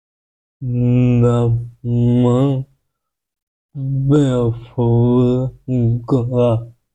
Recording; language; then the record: elicited speech; Bengali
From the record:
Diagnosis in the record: Broca's or global aphasia after a stroke